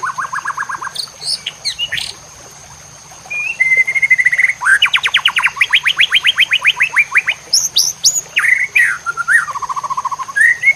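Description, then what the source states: White-rumped shama song mixing a quick note series, a level whistle, a fast trill of upswept notes, then varied high chirps and falling slurs. Master song (masteran) for training cage birds, murai batu labaik style.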